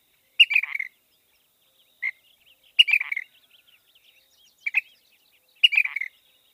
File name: Ash throated Flycatcher